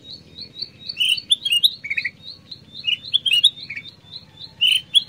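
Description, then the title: Black-crested bulbul giving a busy run of bright whistled and chattering notes, mixed with a rapid series of high chirps. Long masteran combination-sound compilation used for training songbirds. "Panjang Masteran Kutilang Emas Suara Kombinasi"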